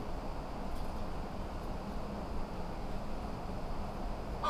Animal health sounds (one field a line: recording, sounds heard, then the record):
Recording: poultry house recording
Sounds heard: healthy chickens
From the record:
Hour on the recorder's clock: 2